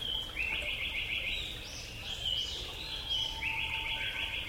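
Black paradise flycatcher calling with rapid buzzy, chattering notes in short repeated bursts over a low background rumble.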